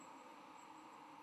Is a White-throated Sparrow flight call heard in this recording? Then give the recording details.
no. No flight call is heard. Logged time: 08:10 on 10 November 2014